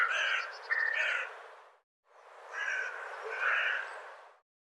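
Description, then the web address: Bird calls: two bursts of rough, chattering, squawking notes, each lasting about two seconds, separated by a short silence. "cianscape birddata"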